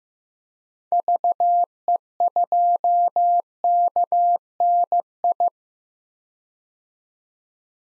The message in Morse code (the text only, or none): VE2KNI